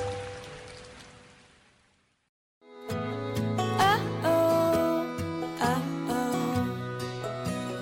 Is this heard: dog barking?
no